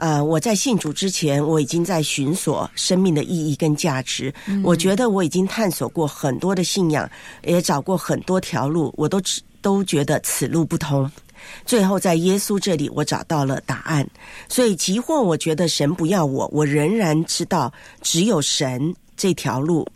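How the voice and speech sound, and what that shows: One adult woman speaks fluent, clear Mandarin at a steady pace with a smooth voice: typical speech.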